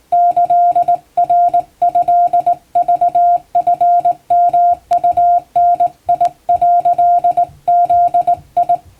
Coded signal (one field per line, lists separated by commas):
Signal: Morse code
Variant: Japanese Wabun code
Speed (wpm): 20 wpm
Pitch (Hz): 700 Hz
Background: music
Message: キナトクチヨウダ」ブ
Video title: 毎日モールスラーニング！第１級無線通信士が打つ綺麗な手打ち和文モールス符号で受信練習をしよう！YouTubeの再生速度を自分の速度に調整して聴いてみよう(morse code practice)